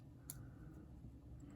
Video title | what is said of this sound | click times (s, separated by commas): The Varga Knives VBR Pocket Knife: Knife Standards Disassembly Part 2 | that needs to get in there there we go that clicked | 0.3 s